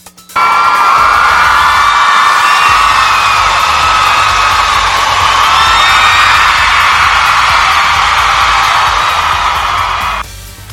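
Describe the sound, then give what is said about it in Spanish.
A crowd erupts in sustained cheering and high-pitched whoops, a loud, dense wall of voices holding steady for about ten seconds before cutting off abruptly. “Ovación al señor Pablo Bessi, sí, se la rifó.”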